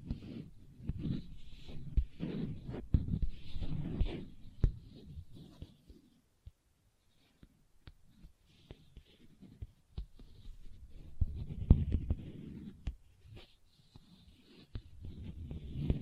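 Leather is tapped and scratched in uneven bursts, with dull low rubbing and sharp clicks scattered throughout. The scratching is dense for the first six seconds, thins to isolated taps in the middle, then builds again around eleven to thirteen seconds.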